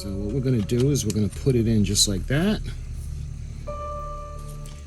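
A lighting circuit board is lined up in the bottom of a plastic model section of an AGORA Models 1:200 scale R.M.S. Titanic hull, ready to be pressed in. Someone talks over a steady low hum, and a faint tone holds near the end. Nothing has clicked or seated yet.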